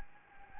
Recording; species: mosquito wingbeat signal from an infrared sensor; Anopheles gambiae